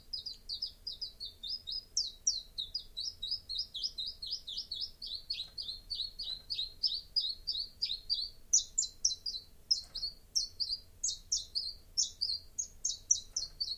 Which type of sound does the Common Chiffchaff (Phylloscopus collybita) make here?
song